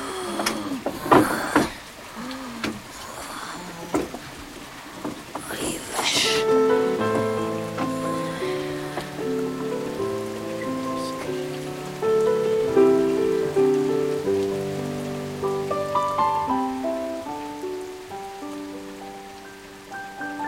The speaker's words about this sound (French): Ce qui pleut, quelle vache de temps. Ça, c'est une trompe, un cyclone. Ou c'est le diable qui pompe, le bon Dieu qui pisse tant qu'il peut.